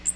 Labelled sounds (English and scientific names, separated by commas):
Magnolia Warbler (Setophaga magnolia) flight call